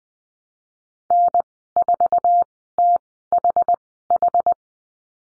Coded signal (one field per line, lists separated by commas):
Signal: Morse code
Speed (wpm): 20 wpm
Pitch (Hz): 700 Hz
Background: none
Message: N4THH